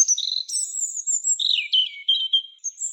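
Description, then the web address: European robin song: a rapid run of high, thin whistled and trilled phrases, some sliding downward, shifting between pitches with brief pauses; no other sounds stand out. "Erithacus rubecula"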